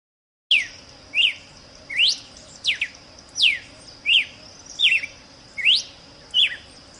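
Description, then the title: Red-cowled cardinal song: sharp slurred whistled notes, some sweeping up and some down, given about every three-quarters of a second, over a steady high-pitched hum. Female; described as an excellent call. "Canto Galo Campina Fêmea. GALO de CAMPINA { chamado }"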